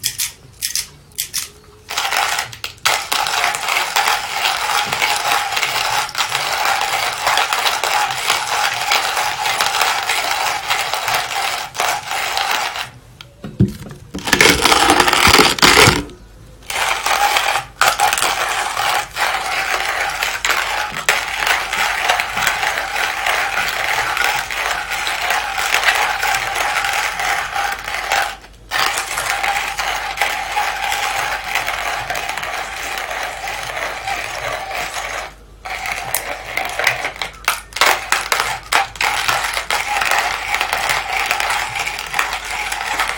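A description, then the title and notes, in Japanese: Mocha blend coffee beans being roasted, with a dense, steady rattling and crackling of beans tumbling throughout. The sound cuts out briefly several times, near 2, 28 and 35 seconds, and a louder, deeper rumbling burst interrupts it around 14 to 16 seconds. 今朝は”モカブレンド”を焙煎。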